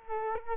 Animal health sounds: mosquito wingbeat signal from an infrared sensor; Culex quinquefasciatus

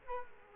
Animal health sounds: mosquito wingbeat signal from an infrared sensor; Culex quinquefasciatus

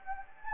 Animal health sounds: mosquito wingbeat signal from an infrared sensor; Anopheles gambiae

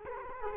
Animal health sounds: mosquito wingbeat signal from an infrared sensor; Culex quinquefasciatus

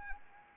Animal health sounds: mosquito wingbeat signal from an infrared sensor; Anopheles arabiensis

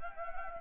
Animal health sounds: mosquito wingbeat signal from an infrared sensor; Anopheles gambiae

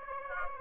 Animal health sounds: mosquito wingbeat signal from an infrared sensor; Aedes aegypti

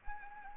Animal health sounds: mosquito wingbeat signal from an infrared sensor; Anopheles arabiensis

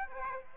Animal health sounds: mosquito wingbeat signal from an infrared sensor; Aedes aegypti

